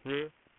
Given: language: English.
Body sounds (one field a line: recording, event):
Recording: throat vibration sensor signal played as sound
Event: speech